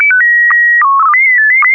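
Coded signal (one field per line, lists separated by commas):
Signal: SSTV (slow-scan television)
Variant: PD 120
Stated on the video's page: SSTV images sent over an amateur FM repeater on 441.300 MHz during a weekly SSTV net, using MMSSTV software.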